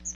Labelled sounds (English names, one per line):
Chestnut-sided Warbler flight call